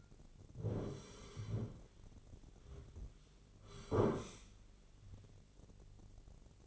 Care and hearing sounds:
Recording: daily activity, microphone in the room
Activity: sit down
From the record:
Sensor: 4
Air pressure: 1010.1 hPa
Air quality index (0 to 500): 182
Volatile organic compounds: 2 ppm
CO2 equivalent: 1312 ppm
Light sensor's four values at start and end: 43/105/44/47 and 43/105/44/48

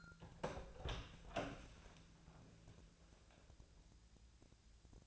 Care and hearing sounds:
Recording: daily activity, microphone in the room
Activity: open door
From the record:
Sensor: 2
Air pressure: 1000.3 hPa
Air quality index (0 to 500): 170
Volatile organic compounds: 3 ppm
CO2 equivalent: 1420 ppm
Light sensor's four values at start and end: 11/25/11/11 and 11/25/11/11

